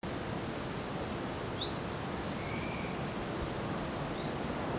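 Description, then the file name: Eurasian blue tit calls: two bursts of very high, thin, quickly descending notes about two and a half seconds apart, with faint soft notes between them and the start of a third burst at the very end, over quiet background hiss. "Cyanistes caeruleus"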